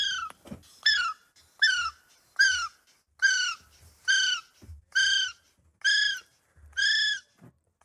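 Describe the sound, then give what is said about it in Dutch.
A kiwi bird calls in a steady series of about nine shrill, rising-then-falling whistles, each about half a second long and evenly spaced, loud and clear with no talking over them. “Ja, ruk de beschuit met muisjes maar uit de kast, want Avifauna komt vandaag naar buiten met het nieuws dat er een hele bijzondere vogel is geboren in Nederland. Een kiwi.”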